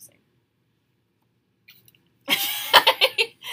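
A quiet pause, then a noisy outburst and a quick run of four or five sharp coughs from an adult audience member in a room.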